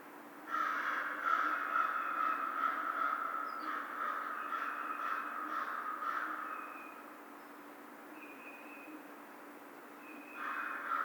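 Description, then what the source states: American crow giving a rapid run of harsh, nasal caws for about six seconds, then a pause with thin high whistled notes before another caw begins, over a steady low hum. Recorded on 2 March 2010.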